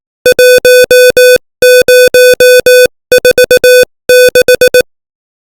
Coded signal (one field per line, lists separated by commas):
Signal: Morse code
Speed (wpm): 18 wpm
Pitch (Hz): 500 Hz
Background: music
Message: 1046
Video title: Morse Code 18 WPM : Confucianism